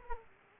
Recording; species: mosquito wingbeat signal from an infrared sensor; Aedes aegypti